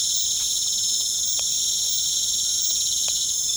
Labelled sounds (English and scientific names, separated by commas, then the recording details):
none
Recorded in pastures near Puerto Asís, Putumayo, Colombia, on 23 June 2025 at 19:00
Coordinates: 0.472, -76.331
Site G095